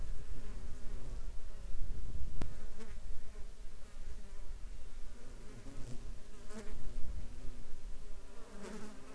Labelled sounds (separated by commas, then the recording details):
insects
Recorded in the Arctic National Wildlife Refuge, Alaska, on 21 July 2021 at 07:21
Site 33